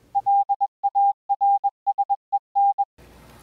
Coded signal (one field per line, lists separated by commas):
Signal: Morse code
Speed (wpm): 21 wpm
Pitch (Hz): 800 Hz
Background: none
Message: LARSEN